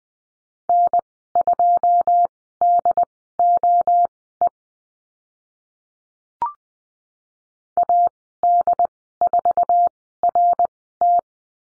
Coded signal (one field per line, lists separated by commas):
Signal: Morse code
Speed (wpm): 20 wpm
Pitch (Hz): 700 Hz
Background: none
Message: N2DOE AD4RT